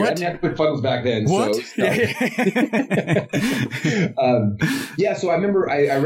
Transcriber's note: laughing